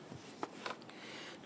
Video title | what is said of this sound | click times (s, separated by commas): How to Replace Camshaft Position Sensor 2011-2021 Jeep Grand Cherokee 3.6L V6 | press that on you're going to feel it and hear it click into place | 0.4 s